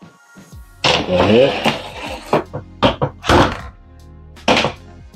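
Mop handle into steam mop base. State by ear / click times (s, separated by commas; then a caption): seated / 4.5 s. The plastic handle of a Shark PRO Steam Pocket Mop is pushed into the socket on the mop head while someone talks, with a click at 4.5 seconds. The click means the handle is fully seated and secure in the base.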